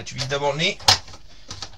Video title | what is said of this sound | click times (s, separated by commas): Traxxas slash mud boss umboxing fr🇫🇷 | ça se clipse un peu, tu vois. | 1.6 s